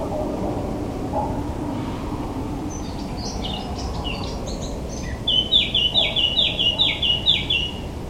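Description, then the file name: Eurasian blackcap song: a quiet, chattering warble of varied high notes, then a rich whistled flourish of six or seven quick fluty notes over constant background noise. "Sylvia atricapilla"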